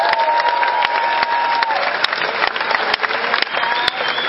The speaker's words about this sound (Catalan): Cuando presente la batería te quiero ver aplaudir, ¿eh?